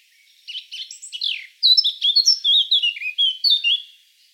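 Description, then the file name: Eurasian blackcap song: a brief scratchy warble that breaks into a loud run of clear fluting whistles, several phrases dropping in pitch toward the end. "Sylvia atricapilla"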